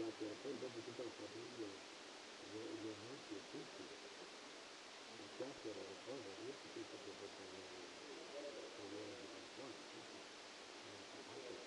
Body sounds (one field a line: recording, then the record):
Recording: brain microelectrode recording played as sound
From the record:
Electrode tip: outside the subthalamic nucleus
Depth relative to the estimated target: 7 mm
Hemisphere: left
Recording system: NeuroSet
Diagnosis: Parkinson's disease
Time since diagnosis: 8 years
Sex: male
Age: 65 years